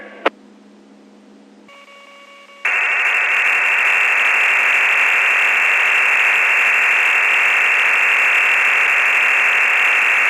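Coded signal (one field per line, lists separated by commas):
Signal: digital SSTV (DRM)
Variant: EasyPal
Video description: About 20 photos were exchanged on this net. These can be decoded from the audio stream on this clip by using EASYPAL DSSTV freeware.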